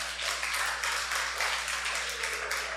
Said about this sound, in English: Clapping.